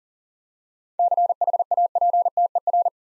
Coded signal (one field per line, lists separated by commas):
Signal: Morse code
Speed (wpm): 39 wpm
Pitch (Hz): 700 Hz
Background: none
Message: CHAPTER